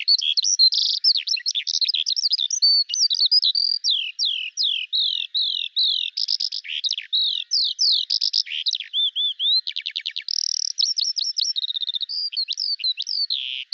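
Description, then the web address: Bird singing a long, rapid outpouring of high chirps, slurs, buzzy trills and short whistles, unbroken from start to finish. "Deverinetal 2025 File cleaned normalized Bird Al Ar"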